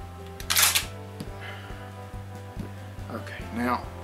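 A Yildiz A-71 shotgun is handled after its trigger spring was refitted, with the action being worked toward the bolt catch engaging in the receiver and the action locking back. Someone talks over a steady low hum while short handling knocks land around 0.4 s and 1.2 s and a longer rattle near 3.1 s. The part is handled but not yet home: nothing has seated or clicked yet.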